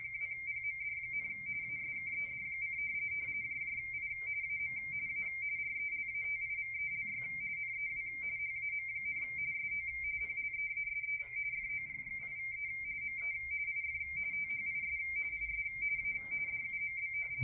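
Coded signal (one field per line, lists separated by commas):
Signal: RTTY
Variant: W1AW bulletin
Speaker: and this is um w1aw's radio teletype broadcast they have several digital notes that the cycle through in a week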